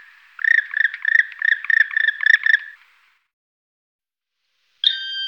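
Black woodpecker giving a rapid series of harsh, rolling calls for about two and a half seconds, then silence and a brief clear tone at the end.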